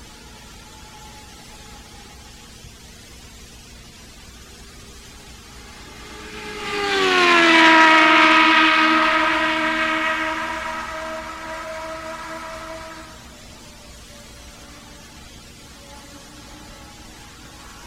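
A race car roars past on the oval, rising out of a low background hum around the seven-second mark and peaking near eight seconds. Its engine note bends downward as it passes, then fades steadily until about thirteen seconds, leaving the quiet hum again.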